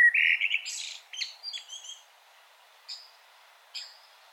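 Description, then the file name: Common blackbird song ending in a high, squeaky twitter, followed by two isolated thin high notes after short pauses. "Turdus merula"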